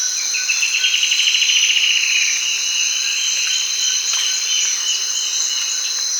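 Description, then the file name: Bird producing a rapid pulsed trill lasting nearly two seconds and dropping slightly in pitch, over a continuous high insect hum. "SABIOD 50 bird 2015"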